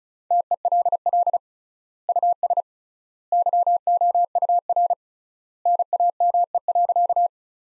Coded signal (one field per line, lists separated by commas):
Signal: Morse code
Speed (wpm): 36 wpm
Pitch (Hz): 700 Hz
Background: none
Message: TELL US YOUR NAME.